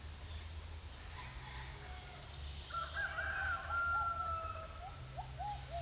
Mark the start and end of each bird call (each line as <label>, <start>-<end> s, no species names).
bird call, 0.00-5.81 s